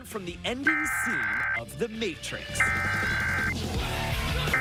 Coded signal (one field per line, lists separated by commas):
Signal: Emergency Alert System (SAME) tones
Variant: header bursts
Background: speech